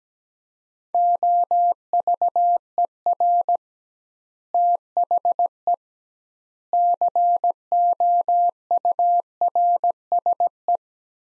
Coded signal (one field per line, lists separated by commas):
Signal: Morse code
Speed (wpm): 17 wpm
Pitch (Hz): 700 Hz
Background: none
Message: OVER THE COURSE